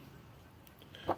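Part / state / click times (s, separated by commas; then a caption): baitcaster reel side plate onto reel frame post / seated / 1.1 s. The side plate of a baitcasting reel is slid down onto its post on the reel frame, with a few faint ticks of handling beforehand. A sharp snap at 1.1 s marks the side plate seating into place.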